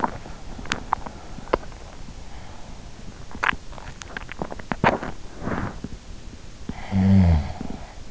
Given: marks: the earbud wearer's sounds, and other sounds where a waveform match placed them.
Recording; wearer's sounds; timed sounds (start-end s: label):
sounds in sleep by an in-ear microphone; teeth grinding, snoring breath
0.00-1.62 s: teeth grinding
3.38-6.17 s: teeth grinding
6.95-7.86 s: snoring breath